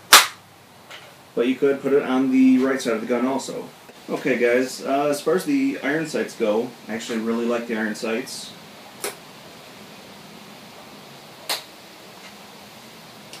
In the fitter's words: Nice flip up there, nice audible clicks.